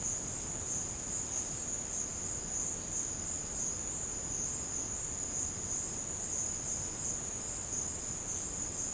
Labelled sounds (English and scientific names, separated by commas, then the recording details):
none
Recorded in secondary vegetation near Puerto Asís, Putumayo, Colombia, on 24 March 2025 at 13:30
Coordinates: 0.485, -76.322
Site G040